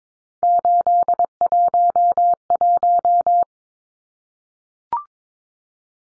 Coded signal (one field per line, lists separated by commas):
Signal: Morse code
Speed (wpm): 22 wpm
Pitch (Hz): 700 Hz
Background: none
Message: 811